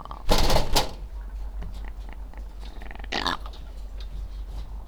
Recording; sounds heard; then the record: poultry house recording; sick chickens (respiratory disease)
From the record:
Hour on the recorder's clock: 14